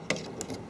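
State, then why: Seated. A replacement on/off variable speed control switch for a downdraft is pushed into its mounting opening in a smooth cooktop, where the old one came out. It seats with a sharp, loud click at 0.1 s, followed by a smaller tick around 0.4 s and a faint rattle near 0.5 s. The switch snaps into place.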